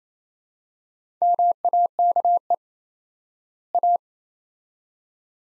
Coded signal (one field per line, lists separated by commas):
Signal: Morse code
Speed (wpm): 27 wpm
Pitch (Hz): 700 Hz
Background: none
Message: MAKE A